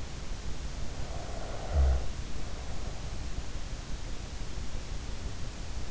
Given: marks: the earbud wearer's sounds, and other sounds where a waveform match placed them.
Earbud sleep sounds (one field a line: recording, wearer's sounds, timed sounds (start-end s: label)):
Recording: sounds in sleep by an in-ear microphone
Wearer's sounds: snoring breath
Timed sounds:
1.19-3.26 s: snoring breath